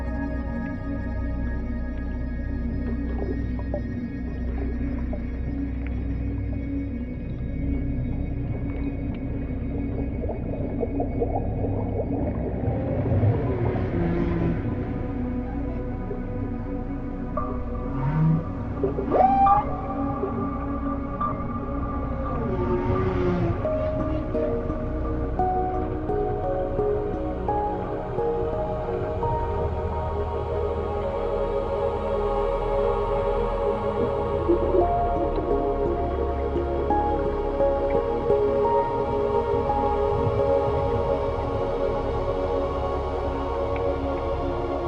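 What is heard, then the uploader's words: Underwater whale and dolphin calls: a steady low rumble with occasional rising whistles and brief bright chirps around the middle, fairly continuous throughout. Deep World - Dolphin & Whale Sounds.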